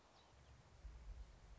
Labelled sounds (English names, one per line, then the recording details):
Song Sparrow
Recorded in Sonoma County, California